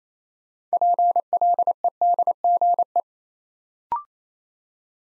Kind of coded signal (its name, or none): Morse code